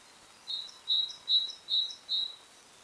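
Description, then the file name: Great tit calls: five high, bright notes evenly repeated about every 0.4 seconds against faint hiss. "Parus major"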